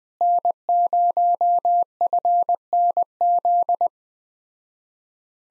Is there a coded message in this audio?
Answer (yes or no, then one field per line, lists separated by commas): yes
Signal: Morse code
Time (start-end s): 0.2-3.9 s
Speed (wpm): 20 wpm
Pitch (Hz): 700 Hz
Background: none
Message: N0FNZ